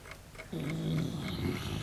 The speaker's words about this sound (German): Sehen Sie diese entzückende Weckeruhr in meiner Hand? Hören Sie, wie sie tickt?